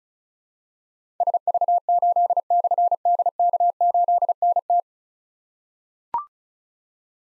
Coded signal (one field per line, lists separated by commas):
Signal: Morse code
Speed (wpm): 36 wpm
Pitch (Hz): 700 Hz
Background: none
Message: SV8/DK8NT